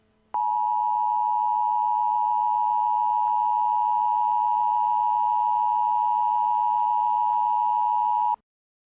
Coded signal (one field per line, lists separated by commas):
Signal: Emergency Alert System (SAME) tones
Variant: 853 and 960 Hz attention tone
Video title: Weather Channel EAS Law Enforcement Warning Westerly Rhode Island June 2018